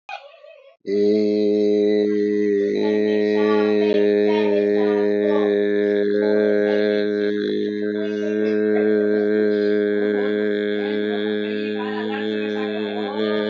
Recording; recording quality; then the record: sustained vowel as in made; excellent, no background noise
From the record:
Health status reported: healthy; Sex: male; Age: 44 years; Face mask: not worn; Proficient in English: yes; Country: India